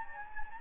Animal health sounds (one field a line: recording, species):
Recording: mosquito wingbeat signal from an infrared sensor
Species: Anopheles gambiae